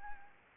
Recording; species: mosquito wingbeat signal from an infrared sensor; Anopheles arabiensis